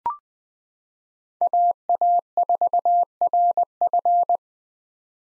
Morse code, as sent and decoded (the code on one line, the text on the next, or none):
.- .- ....- .-. ..-.
AA4RF